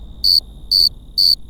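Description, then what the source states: Cricket giving three bright, high-pitched pulsed chirps at regular intervals over a quiet low background and a thin steady tone. Crickets at Cerro Gordo, León, Guanajuato, Mexico, 18 April 2019, 9:19 p.m.; recorded close to some crickets with a Tascam DR-05X's built-in microphones and WS-11 windshield.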